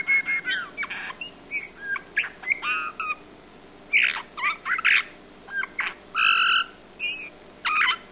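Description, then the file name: Eurasian bullfinch calls: dense sequence of creaky and whistled notes with harmonics, some longer piping tones, barely pausing throughout. "Pyrrhula pyrrhula"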